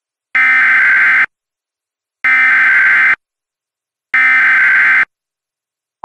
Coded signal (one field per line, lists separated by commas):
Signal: Emergency Alert System (SAME) tones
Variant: header bursts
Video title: EAS Reenactment Mock: PDS Tornado Warning for Gonzales TX, and Wilson TX counties - 05/25/2015